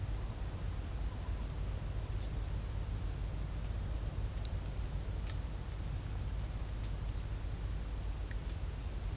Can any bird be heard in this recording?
no